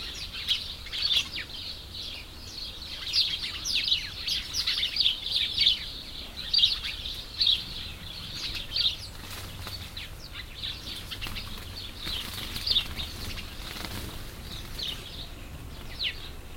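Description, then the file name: Birds chirping in a dense chorus of high, bright tweets and short notes, overlapping throughout. Birds among bamboo. "Hieronyme Birds In Bamboos"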